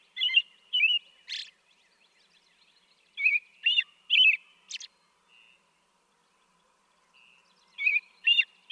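American robin singing groups of whistled phrases with occasional high squeaky notes, pausing between groups; a faint soft whistle in the gaps.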